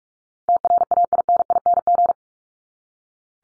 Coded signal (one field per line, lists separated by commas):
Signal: Morse code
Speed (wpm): 44 wpm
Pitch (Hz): 700 Hz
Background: none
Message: TRAINING